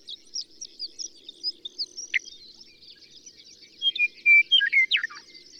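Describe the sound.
Bird: faint, sparse high chirps lead into a louder burst of warbled, slurred notes rising and falling near the end.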